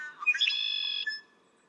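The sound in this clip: Red-winged blackbird song: a few quick introductory notes, then a steady buzzy, rattling trill held for about half a second before stopping abruptly.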